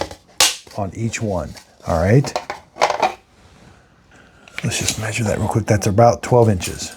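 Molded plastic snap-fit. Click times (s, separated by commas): 0.4 s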